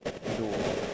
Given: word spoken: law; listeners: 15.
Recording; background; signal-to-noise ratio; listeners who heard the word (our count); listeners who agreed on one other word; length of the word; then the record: one English word in noise, from a listening test; noise modulated by three-talker babble; -3.0 dB; 0 of 15; 8 of 15; 0.54 s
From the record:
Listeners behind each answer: 8, 1, 1, 1, 1, 1, 1, 1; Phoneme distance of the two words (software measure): 10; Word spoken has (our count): 1 syllable, 2 phonemes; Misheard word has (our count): 1 syllable, 2 phonemes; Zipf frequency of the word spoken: 5.05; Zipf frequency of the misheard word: 5.26